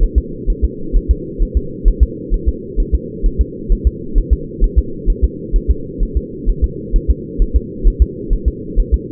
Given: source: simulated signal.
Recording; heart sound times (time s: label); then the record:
fetal heart sounds
0.03 s: S1
0.18 s: S2
0.50 s: S1
0.65 s: S2
0.96 s: S1
1.11 s: S2
1.42 s: S1
1.57 s: S2
1.88 s: S1
2.03 s: S2
2.34 s: S1
2.48 s: S2
2.80 s: S1
2.95 s: S2
3.26 s: S1
3.41 s: S2
3.72 s: S1
3.87 s: S2
4.18 s: S1
4.33 s: S2
4.64 s: S1
4.79 s: S2
5.10 s: S1
5.24 s: S2
5.56 s: S1
5.71 s: S2
6.03 s: S1
6.17 s: S2
6.49 s: S1
6.64 s: S2
6.96 s: S1
7.11 s: S2
7.42 s: S1
7.56 s: S2
7.87 s: S1
8.02 s: S2
8.33 s: S1
8.48 s: S2
8.79 s: S1
8.94 s: S2
From the record:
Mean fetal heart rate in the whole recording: 130 bpm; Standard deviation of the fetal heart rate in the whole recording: 4 bpm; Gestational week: 38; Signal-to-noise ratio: -4.3 dB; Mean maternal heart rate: 72 bpm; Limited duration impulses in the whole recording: present